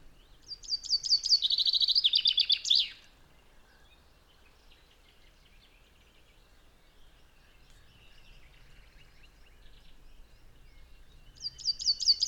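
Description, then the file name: Common chaffinch singing a rattling, descending run of sweet notes that ends in a quick flourish, followed by quiet, then the next phrase starting up. "Fringilla coelebs"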